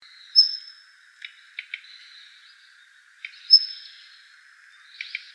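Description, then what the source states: Daurian redstart giving two high, thin whistles and soft clicking tack notes, with quiet ticks between them. Recorded on 26 December 2016.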